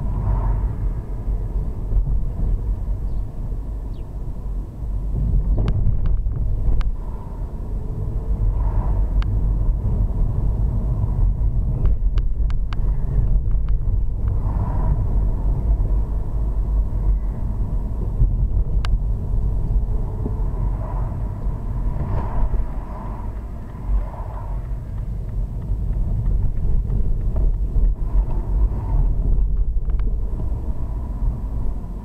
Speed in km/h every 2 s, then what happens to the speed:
27, 26, 24, 21, 31, 29, 27, 34, 29, 26, 24, 8, 16, 23, 31, 21.
15-17 brakes to 26. 20-22 brakes to 8. 22-27 speeds up to 31. 29-32 brakes to 21.